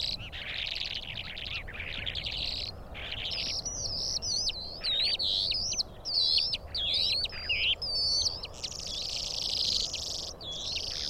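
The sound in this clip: Calandra lark song, a rapid, varied jumble of buzzy trills and sharp whistled slurs, with brief pauses between bursts, over a low, steady background hiss.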